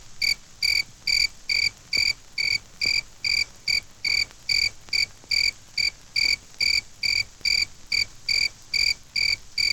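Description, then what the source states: Cricket chirps in a regular high-pitched train, about two short pulsed bursts each second. A single cricket chirping.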